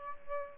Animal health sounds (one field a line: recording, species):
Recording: mosquito wingbeat signal from an infrared sensor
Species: Aedes albopictus